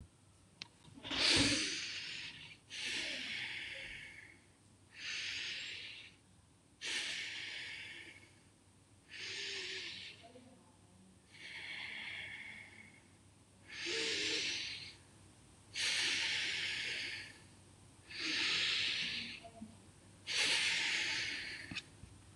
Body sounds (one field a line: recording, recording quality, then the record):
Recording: deep breathing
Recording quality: excellent, no background noise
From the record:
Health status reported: exposed to COVID-19, no respiratory illness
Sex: male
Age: 30 years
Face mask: not worn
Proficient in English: yes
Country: India